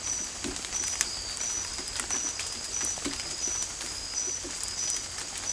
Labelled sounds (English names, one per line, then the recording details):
none
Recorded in secondary vegetation near Puerto Asís, Putumayo, Colombia, on 16 December 2024 at 02:30
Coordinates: 0.481, -76.318
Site G042